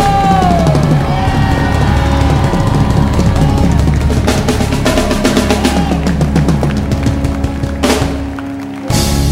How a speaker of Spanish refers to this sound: ¡Gloria a Dios! ¡Gloria a Dios! ¡Ese grito de júbilo!